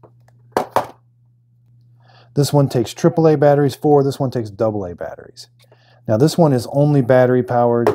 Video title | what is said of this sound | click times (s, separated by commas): OMRON vs iHealth Best Blood Pressure Monitor Upper Arm Comparison | Like far as connection, you're gonna push it on and you'll hear it like snap on there like that. | 0.6 s, 0.8 s